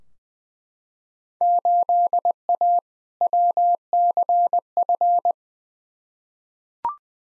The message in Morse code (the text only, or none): 8A WCF